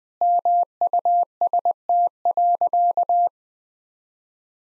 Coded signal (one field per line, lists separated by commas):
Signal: Morse code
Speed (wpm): 20 wpm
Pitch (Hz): 700 Hz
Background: none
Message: MUST.